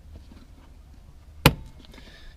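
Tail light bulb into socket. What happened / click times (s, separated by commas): The bulb snapped into its socket / 1.5 s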